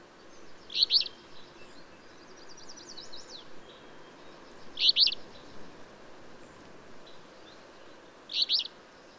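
Bird song: three loud high chirped bursts about four seconds apart, with fainter twittering between them and a rushing background noise.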